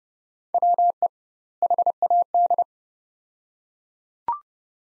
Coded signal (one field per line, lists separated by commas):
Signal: Morse code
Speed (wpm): 30 wpm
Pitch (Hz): 700 Hz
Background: none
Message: WE HAD